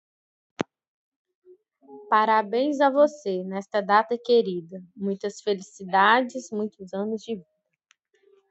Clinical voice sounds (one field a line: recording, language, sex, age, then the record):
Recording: short text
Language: Brazilian Portuguese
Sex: female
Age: 30 to 39 years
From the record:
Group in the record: control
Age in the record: 34 years